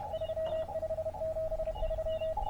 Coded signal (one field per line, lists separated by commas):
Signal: Morse code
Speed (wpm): 29 wpm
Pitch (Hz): 600 Hz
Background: radio noise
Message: 3573